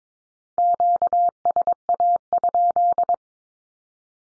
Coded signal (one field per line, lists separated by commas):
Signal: Morse code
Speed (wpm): 22 wpm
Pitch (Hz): 700 Hz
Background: none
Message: QSA?